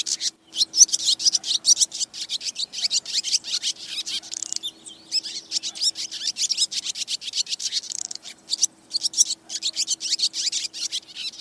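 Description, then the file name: Swallow flock calls, a busy stream of sharp high twitters packed closely together throughout, with a constant faint low hum in the background. "Tieng En goi bay"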